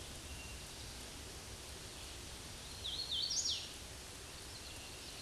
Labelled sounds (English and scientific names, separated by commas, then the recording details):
Hooded Warbler (Setophaga citrina) song
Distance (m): 35 m
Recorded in a Pennsylvania forest on 18 May 2023 at 09:36
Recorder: AudioMoth, point grid1_6_low
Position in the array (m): 195 m, 80 m